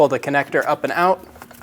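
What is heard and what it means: Someone talks while handling a plastic quick-connect fitting on the intake/breather hose of a 2003–2025 Chevrolet Express 2500 4.8L, about to push it onto its engine intake port. A few faint ticks follow the talk near 1.4 s and 1.6 s. Nothing has seated or clicked yet.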